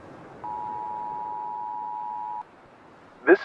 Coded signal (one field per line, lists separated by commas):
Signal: Emergency Alert System (SAME) tones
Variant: 853 and 960 Hz attention tone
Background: speech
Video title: Mega Tsunami: Emergency Alert System Radio (EAS) Ambience